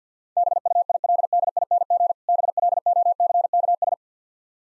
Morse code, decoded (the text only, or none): BUILDING BLOCKS